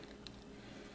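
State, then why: Seated. A plastic limb part is fitted into the body of a combined plastic transforming-robot toy figure. Against a quiet, steady background, a single sharp, bright click lands at 0.3 s as the part clips in. It seats firmly and holds solidly.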